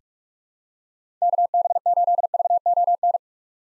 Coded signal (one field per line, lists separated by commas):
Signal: Morse code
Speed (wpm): 46 wpm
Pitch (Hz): 700 Hz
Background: none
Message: KB8VON